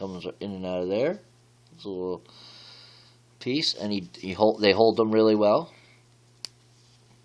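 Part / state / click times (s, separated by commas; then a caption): toy weapon into minifigure hand / seated / 6.5 s. A plastic weapon accessory is pressed into the hand of a Mega Bloks TMNT classic series 2-inch minifigure. Someone talks through the first part of the clip, then after a quiet pause a single sharp click at 6.4 s marks the weapon snapping into the hand, where it seats and holds.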